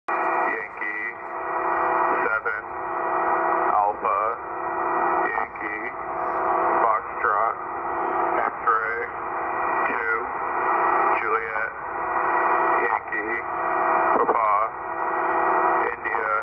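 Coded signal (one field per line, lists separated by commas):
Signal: coded military voice message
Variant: Emergency Action Message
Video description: US Military EAM Emergency Action Message transmission heard in NJ USA. 1/25/2023, 8.992 Mhz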